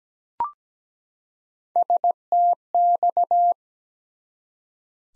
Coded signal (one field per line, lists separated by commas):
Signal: Morse code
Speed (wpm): 17 wpm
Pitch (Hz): 700 Hz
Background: none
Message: STX